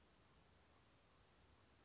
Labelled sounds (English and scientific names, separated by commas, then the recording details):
Brown Creeper (Certhia americana)
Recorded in Sonoma County, California